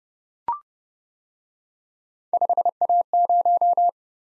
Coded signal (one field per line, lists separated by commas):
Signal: Morse code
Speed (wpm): 29 wpm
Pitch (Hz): 700 Hz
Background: none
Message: 5A0